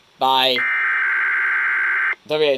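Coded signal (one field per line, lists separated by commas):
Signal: Emergency Alert System (SAME) tones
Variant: header bursts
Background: speech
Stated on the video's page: Required weekly test tones received on an ARC FR-370 radio.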